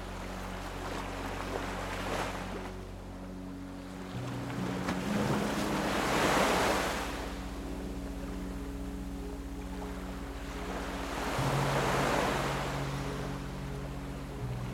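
Ocean waves roll in slow surges, cresting around two, six and twelve seconds before hissing back down. Underneath, soft music holds long, low sustained notes that shift to new chords near four and eleven seconds, staying steady and calm throughout.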